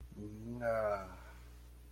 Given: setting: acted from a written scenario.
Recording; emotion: vocal sound without words; guilt